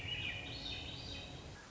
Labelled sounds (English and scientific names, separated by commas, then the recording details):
Swainson's Thrush (Catharus ustulatus)
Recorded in Sonoma County, California